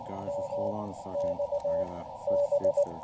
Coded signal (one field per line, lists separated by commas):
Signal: Morse code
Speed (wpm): 20 wpm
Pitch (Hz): 570 Hz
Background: speech, radio noise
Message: MXB